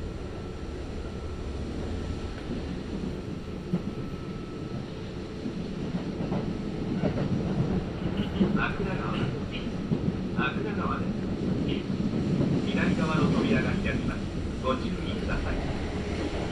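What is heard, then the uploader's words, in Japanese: A Kintetsu Nagoya Line local train running from Kawagoe-Tomisuhara toward Shiohama, its steady low rumble and rushing noise filling the whole recording. From about eight seconds onward, scattered voices and brief higher tones break through, with the rumble swelling slightly toward the end. 近鉄名古屋線各駅停車 川越富洲原→塩浜。車内はほぼガラガラです。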